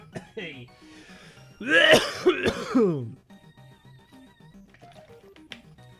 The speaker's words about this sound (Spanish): Y un momentito que me voy a morir tosiendo.